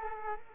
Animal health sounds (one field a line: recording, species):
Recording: mosquito wingbeat signal from an infrared sensor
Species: Culex quinquefasciatus